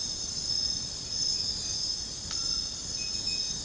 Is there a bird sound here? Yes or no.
no